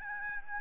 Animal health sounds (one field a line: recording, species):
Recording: mosquito wingbeat signal from an infrared sensor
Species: Aedes albopictus